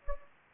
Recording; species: mosquito wingbeat signal from an infrared sensor; Anopheles gambiae